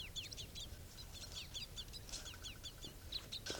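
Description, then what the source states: Crossbill flock calling: dense run of sharp, high chip notes, rapidly repeated, from several birds. Wild flock just landed nearby, with some bright red males and begging juveniles; four brown and two red birds seen.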